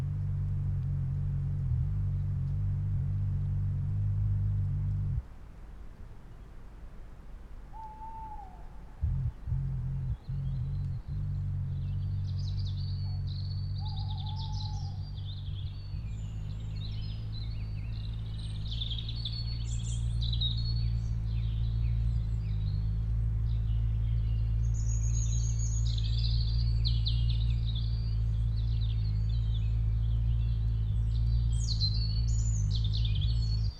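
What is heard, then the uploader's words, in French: A forest scene with a steady low rumble underneath, a brief quieter lull mid-clip, and increasingly busy high bird chirping throughout the second half. Forêt de la Sarcena - Nagra LB - stéréo - mkh20. Le début du chorus du matin est couvert par un événement inattendu, l'éclosion d'un gros papillon de nuit (non déterminé) qui vient se poser près des micros pour renforcer la force de ses ailes. Ainsi le vrombissement apparaît et restera continu pendant douze minutes.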